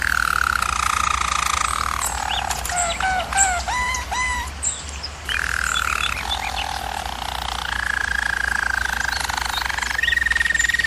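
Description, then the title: German Roller canary song: rolled tours give way to a brief series of quick chopped notes, then resume as sustained low and mid-pitched rolls. German Roller canary singing, for canary training. "German Roller Canary Singing - Canary Training Vid"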